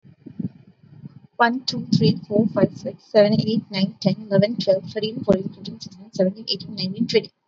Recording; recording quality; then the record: counting at a fast pace; excellent, no background noise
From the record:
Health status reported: healthy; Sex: female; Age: 25 years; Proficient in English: yes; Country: India